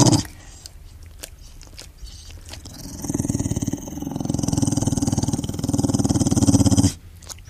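After a few quiet seconds, a low, rapidly fluttering rattle builds and runs for about four seconds in two or three swelling surges, then stops abruptly. This is an idle pit bull's snore, with a throaty, growl-like vibration.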